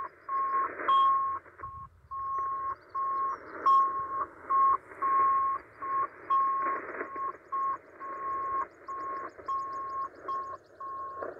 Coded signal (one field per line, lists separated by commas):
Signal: HF data modem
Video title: 5512 kHz USB Israeli Navy Hybrid Modem